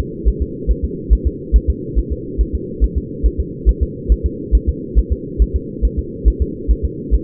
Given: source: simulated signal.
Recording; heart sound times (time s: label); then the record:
fetal heart sounds
0.00 s: S2
0.28 s: S1
0.42 s: S2
0.71 s: S1
0.85 s: S2
1.13 s: S1
1.27 s: S2
1.56 s: S1
1.70 s: S2
1.98 s: S1
2.12 s: S2
2.41 s: S1
2.55 s: S2
2.84 s: S1
2.98 s: S2
3.26 s: S1
3.40 s: S2
3.69 s: S1
3.83 s: S2
4.12 s: S1
4.26 s: S2
4.55 s: S1
4.69 s: S2
4.99 s: S1
5.12 s: S2
5.42 s: S1
5.56 s: S2
5.85 s: S1
5.99 s: S2
6.28 s: S1
6.42 s: S2
6.71 s: S1
6.85 s: S2
7.14 s: S1
From the record:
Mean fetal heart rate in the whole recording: 140 bpm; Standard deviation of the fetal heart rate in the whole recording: 2 bpm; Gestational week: 34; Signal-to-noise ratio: -4.1 dB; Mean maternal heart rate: no maternal heart sound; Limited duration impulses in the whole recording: absent